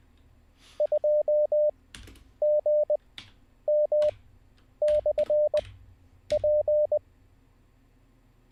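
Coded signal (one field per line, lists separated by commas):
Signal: Morse code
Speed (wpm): 20 wpm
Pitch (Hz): 600 Hz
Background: none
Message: 2GM/P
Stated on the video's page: Morse code learning session, day 20, streamed live.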